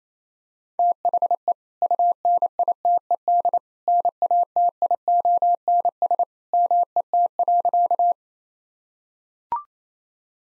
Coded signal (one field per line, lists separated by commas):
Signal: Morse code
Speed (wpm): 28 wpm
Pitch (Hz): 700 Hz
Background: none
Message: THE UNITED NATIONS MET.